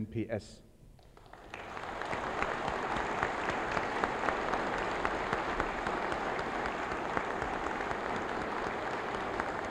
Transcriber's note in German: Applaus